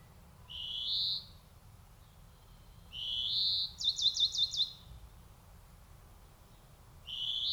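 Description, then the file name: European greenfinch with rising buzzy wheezes, one followed by a brief burst of quick chattering notes, then another wheeze beginning at the end. "Chloris chloris"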